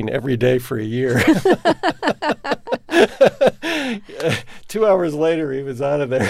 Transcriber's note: soundbite of laughter